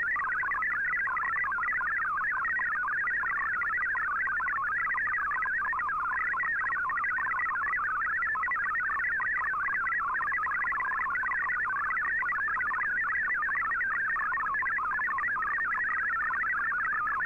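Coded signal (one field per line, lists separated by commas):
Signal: multi-tone FSK (Olivia or MFSK type)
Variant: MFSK32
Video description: Here is my decode of the Shortwave Radiogram broadcast today on 15770Khz shortwave radio at 1300UTC in MFSK32 and 64 and with 8 SSTV images.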